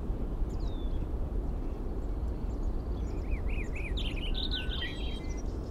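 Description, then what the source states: Birds sing through a constant low rumble; a high whistle comes first, then a run of quick, looping warbled notes in the second half. Birds recorded at 05:55; date given as 070506.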